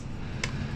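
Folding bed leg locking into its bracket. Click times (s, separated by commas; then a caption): 0.4 s. A prefab metal folding table/couch leg, used as a folding bed leg for a flip-up bed in a Chevy Express tow camper, is swung out into its extended position over a low steady hum. A short, sharp tick at 0.4 s is the leg locking into its bracket, where it is held in place until a small pivoting button releases it. The leg is rated at about 200 pounds.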